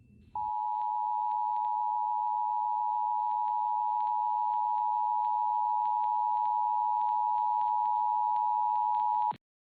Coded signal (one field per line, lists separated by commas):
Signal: Emergency Alert System (SAME) tones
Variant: 853 and 960 Hz attention tone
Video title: EAS Scenario: The 450 MPH Tornado